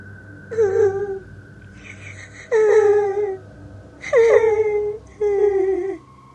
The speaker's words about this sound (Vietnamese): Âm thanh kia càng lúc càng yếu ớt, thật giống như tiếng khóc. Phong Phi Duyệt đi theo âm thanh đó